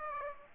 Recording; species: mosquito wingbeat signal from an infrared sensor; Aedes aegypti